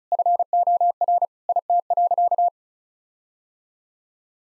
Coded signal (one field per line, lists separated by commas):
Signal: Morse code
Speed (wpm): 34 wpm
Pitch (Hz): 700 Hz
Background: none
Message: FOR IT.